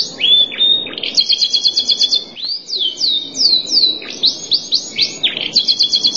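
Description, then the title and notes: Canary song, a long run of high, rapid trills, sweeping slurred notes and a steady whistled tone. "Suara Burung Kenari"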